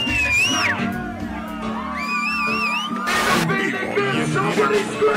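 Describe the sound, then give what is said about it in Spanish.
A crowd shouts and whoops at a live concert over the music, with a steady bass line and wavering sung notes, the cheering surging loudly about midway before settling back under the performance. “Esto es un directo, Mariette, porque escucho a la gente gritar.”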